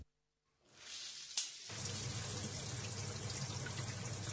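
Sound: shower water running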